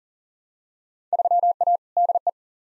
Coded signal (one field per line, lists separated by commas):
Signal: Morse code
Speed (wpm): 40 wpm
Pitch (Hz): 700 Hz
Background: none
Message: 3A DE